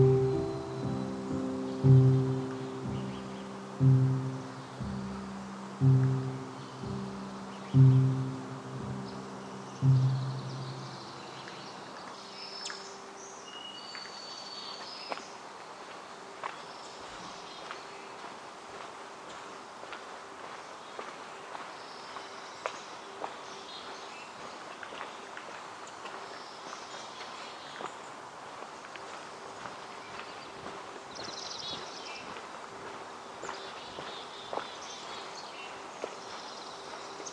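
Upper Macleay section of Forest Park in Portland, Oregon. For the first ten seconds a low, humming tone swells about every two seconds, then stops. After that a quiet steady hiss remains, dotted with sharp ticks, footstep-like taps and occasional high bird chirps.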